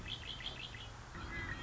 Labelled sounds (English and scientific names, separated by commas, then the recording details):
Red-winged Blackbird (Agelaius phoeniceus)
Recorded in Sonoma County, California